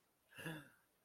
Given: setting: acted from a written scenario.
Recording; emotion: vocal sound without words; interest